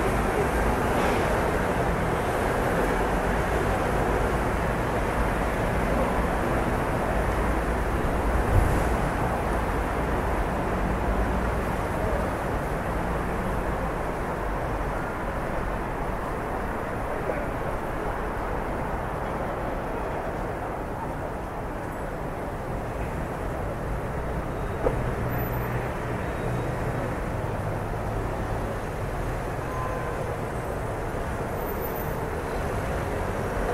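A French city at night gives a steady, dense low hum of traffic throughout, with a faint click near nine seconds and another near twenty-five.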